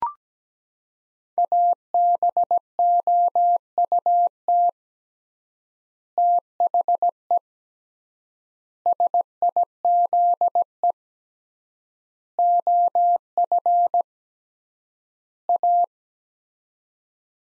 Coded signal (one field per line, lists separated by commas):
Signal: Morse code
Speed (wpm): 17 wpm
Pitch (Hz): 700 Hz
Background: none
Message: ABOUT THE SIZE OF A